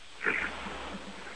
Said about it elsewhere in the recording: She's been on hold for 76 minutes. Probably fell asleep. She's sawing logs. You don't hear the ladies snore too often. Not with that kind of nice, deep, rich sound.